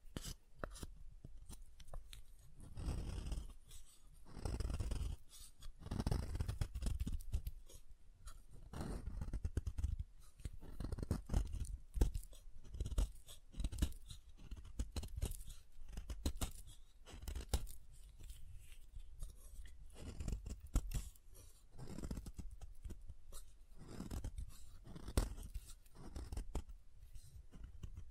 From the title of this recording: SoftHard Soap Tapping and Carving